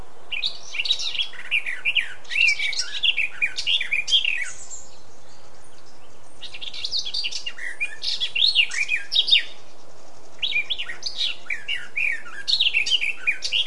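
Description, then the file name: Eurasian blackcap song: three repeated bouts of fast, varied warbling with bright whistled flourishes, separated by short pauses. "Sylvia atricapilla"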